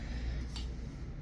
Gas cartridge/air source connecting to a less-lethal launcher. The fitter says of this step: We should get a click when we do this, I would assume. Oh, a very nice click.